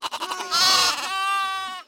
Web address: beanstalk-audio Lamb bleating